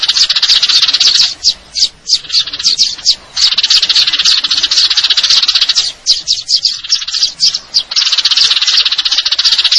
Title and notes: GEREJA TARUNG NEMBAK PANJANG SUARA JERNIH MASTERAN WAJIB BURUNG LOMBA. Burung Gereja